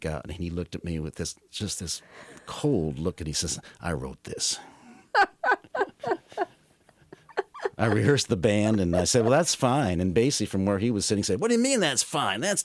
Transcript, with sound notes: And he looked at me with this - just this cold look. And he says, I wrote this.
(Laughter).
I rehearsed the band. And I said, well, that's fine. And Basie, from where he was sitting, said, what do you mean that's fine?